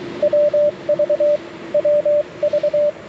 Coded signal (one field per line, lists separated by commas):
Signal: Morse code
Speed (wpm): 21 wpm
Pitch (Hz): 610 Hz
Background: radio noise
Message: WV WV